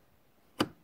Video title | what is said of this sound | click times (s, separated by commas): 1986 Evenrude 2 hp. Make a throttle clip | on that plate and it clicks into place just like that | 0.6 s